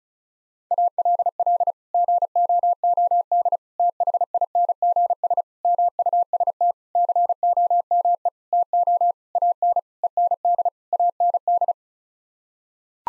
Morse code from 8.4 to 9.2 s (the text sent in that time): TO